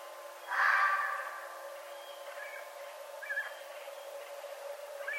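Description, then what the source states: Red fox giving one harsh, hoarse cry lasting about a second, followed by faint short chirps over a steady low hum. Recorded on 11 November 2011.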